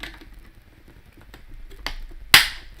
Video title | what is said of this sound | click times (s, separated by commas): CaseyBuilds - Lego Star Wars Imperial Star Destroyer (75252) | yeah it feels really good when they snap into place | 2.3 s